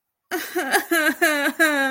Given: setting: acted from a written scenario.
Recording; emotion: vocal sound without words; distress